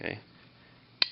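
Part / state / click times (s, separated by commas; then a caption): pawl adjuster in a ratchet mechanism / seated / 1.0 s. Someone talks briefly, then the pawl adjuster in a ratchet mechanism is flipped again and snaps into its detent with one crisp, sharp click at 1.0 s. The adjuster is seated in position, and the click is approved as a nice one.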